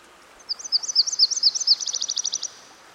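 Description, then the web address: Myrtle warbler singing: bright high two-part notes repeated evenly, then accelerating into a fast trill, about two seconds long, with soft steady background noise. Singing by a stream. "Dan Gibson Songbirds By The Stream. Myrtle Warbler"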